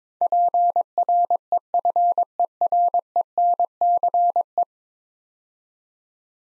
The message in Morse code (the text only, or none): PREFERENCE